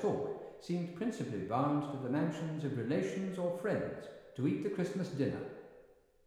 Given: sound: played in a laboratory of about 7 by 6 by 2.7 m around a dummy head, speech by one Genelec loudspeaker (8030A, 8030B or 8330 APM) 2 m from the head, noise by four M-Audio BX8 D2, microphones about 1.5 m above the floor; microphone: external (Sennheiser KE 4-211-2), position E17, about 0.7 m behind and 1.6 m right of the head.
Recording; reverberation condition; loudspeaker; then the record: male speech in English; high; 90 degrees to the right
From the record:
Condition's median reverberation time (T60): about 1300 ms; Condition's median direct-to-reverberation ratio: about -4.0 dB